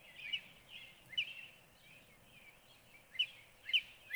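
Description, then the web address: Northern cardinal song: whistled slurred phrases with several sharp downslurred notes, coming about every half second. "birdsongforthecurious Northern Cardinal"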